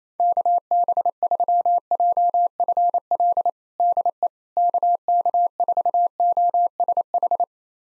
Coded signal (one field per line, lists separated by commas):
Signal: Morse code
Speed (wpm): 28 wpm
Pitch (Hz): 700 Hz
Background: none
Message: KB3JFL DE KK4OSH